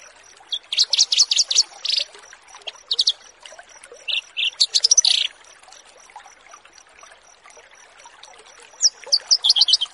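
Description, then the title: Bush lark song: bursts of sharp, buzzy high chirps and trills in short phrases separated by pauses. Bird-keeping tutoring (masteran) recording. "Branjangan VS BURGER Masteran"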